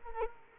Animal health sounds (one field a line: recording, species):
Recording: mosquito wingbeat signal from an infrared sensor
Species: Culex quinquefasciatus